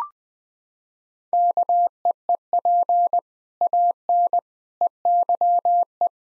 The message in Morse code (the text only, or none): KEEP AN EYE